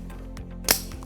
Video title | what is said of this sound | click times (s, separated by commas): How To Assemble A Bed Safety Rail | extension pops into a level you'd like and | 0.7 s